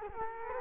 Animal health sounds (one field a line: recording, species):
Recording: mosquito wingbeat signal from an infrared sensor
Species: Culex quinquefasciatus